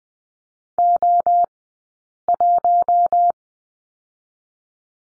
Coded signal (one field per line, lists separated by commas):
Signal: Morse code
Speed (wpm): 20 wpm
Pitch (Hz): 700 Hz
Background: none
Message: O 1